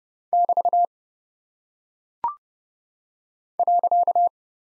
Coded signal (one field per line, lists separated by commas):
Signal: Morse code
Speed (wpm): 30 wpm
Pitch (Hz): 700 Hz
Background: none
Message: <BT> .